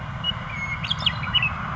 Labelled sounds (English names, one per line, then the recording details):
Western Meadowlark
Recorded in Sonoma County, California